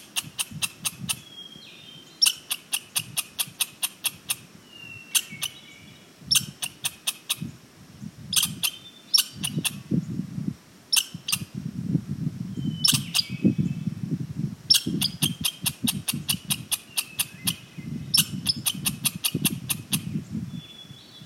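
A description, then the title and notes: Hermit thrushes and a western gray squirrel share the clip: short, high fluting thrush phrases sit between rapid bursts of sharp clicking chatter that repeat every couple of seconds. Underneath runs a low, rough rumbling that grows heavier and more continuous after the halfway point. HERMIT THRUSH DUO, with WESTERN GRAY SQUIRREL. Wallowas, OREGON. Closed canopy oldgrowth Ponderosa Pine & Doug-fir forest.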